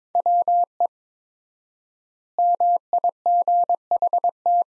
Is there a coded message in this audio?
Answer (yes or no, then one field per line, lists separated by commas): yes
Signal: Morse code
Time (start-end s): 0.2-4.6 s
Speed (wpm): 23 wpm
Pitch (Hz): 700 Hz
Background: none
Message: WE MIGHT